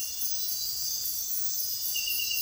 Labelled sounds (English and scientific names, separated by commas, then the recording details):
none
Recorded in dense forest near Puerto Asís, Putumayo, Colombia, on 9 March 2025 at 04:30
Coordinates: 0.503, -76.323
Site GP09